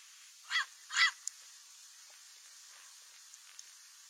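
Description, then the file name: Cape parrot giving two harsh, raspy squawks in quick succession, the second slightly longer, followed by faint notes and quiet. "canto do papagaio do cabo"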